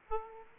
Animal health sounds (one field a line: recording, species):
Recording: mosquito wingbeat signal from an infrared sensor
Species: Aedes aegypti